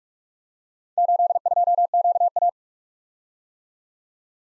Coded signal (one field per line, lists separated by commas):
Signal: Morse code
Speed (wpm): 44 wpm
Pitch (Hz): 700 Hz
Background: none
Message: 82QA